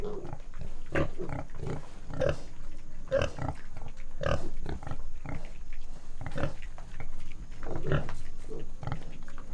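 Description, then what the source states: Pig grunting, deep and throaty, in a dense, irregular stream. Big pigs.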